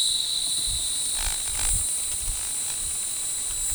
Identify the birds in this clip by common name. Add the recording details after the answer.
none. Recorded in forest near Pivijay, Magdalena, Colombia, on 17 April 2023 at 09:00. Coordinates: 10.467, -74.380. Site Z5-G034